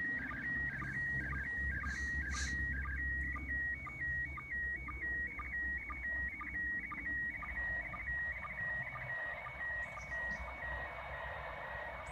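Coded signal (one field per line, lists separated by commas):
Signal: SSTV (slow-scan television)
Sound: warbling, chirping tones with a steady high note and regular short low ticks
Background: low rumble, radio noise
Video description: International Space Station sstv captured with radioscanner and Robot36 app on tablet.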